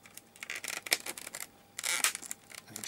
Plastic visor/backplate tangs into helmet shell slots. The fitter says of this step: line them up with the corresponding slots and it just snaps into place